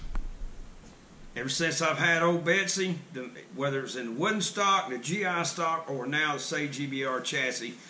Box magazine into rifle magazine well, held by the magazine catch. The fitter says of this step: your magazine should snap right in like this